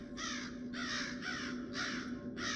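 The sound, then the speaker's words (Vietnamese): A crow caws repeatedly from up in the sky, about five harsh, raspy calls in a steady rhythm, each loud and grating, over a low constant hum. “Từ phía trên tầng không, tiếng quạ tự dưng vang lên một cách ma quái, càng làm cho khung cảnh trở nên ngột ngạt đáng sợ.”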